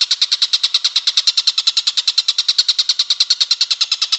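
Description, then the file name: Stork-billed kingfisher producing loud, evenly spaced rasping notes in a rapid series throughout. "tengkek buto om andri"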